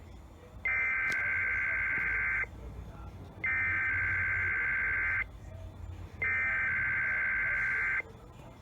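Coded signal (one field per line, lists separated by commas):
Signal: Emergency Alert System (SAME) tones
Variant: header bursts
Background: speech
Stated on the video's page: EAS weekly test tones.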